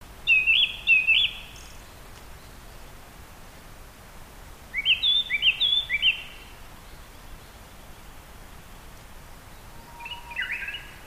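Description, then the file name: Japanese thrush song: short bursts of clear whistled, looping notes in three separated phrases over a steady hiss of background noise. "kurotsu"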